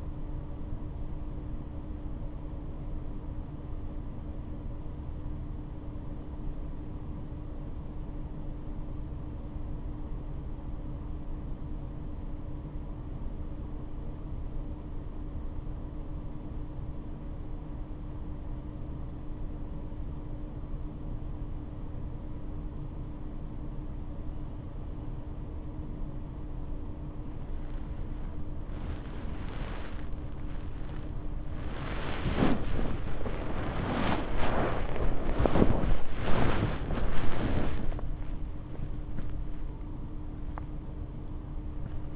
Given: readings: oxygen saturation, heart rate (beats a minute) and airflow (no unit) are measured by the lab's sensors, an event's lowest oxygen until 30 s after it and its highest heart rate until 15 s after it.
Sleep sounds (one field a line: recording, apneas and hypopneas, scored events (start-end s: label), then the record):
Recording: breathing in sleep by a smartphone at the bedside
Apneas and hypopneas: 1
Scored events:
3.00-33.00 s: new sleep stage, REM sleep
5.00-23.70 s: obstructive apnea (REM, oxygen 97% highest, then 92% lowest, heart rate 63 at the start, 90 highest)
33.00-42.16 s: new sleep stage, N1 (lightest sleep)
From the record:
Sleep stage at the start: N2 (light sleep)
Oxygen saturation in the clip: 95 to 97%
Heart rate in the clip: 45 to 90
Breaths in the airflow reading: 6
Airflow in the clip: -11.2 to 13.7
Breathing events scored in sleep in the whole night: 228 in 5.4 hours asleep